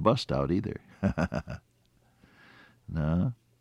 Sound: chuckle

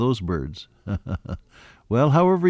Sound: laughs

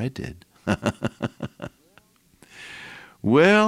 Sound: laughter

